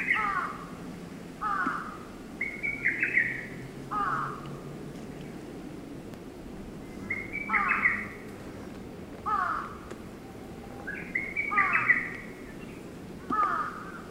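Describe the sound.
Lesser cuckoo song: choppy whistled phrases of descending notes at uneven intervals, with a pause midway.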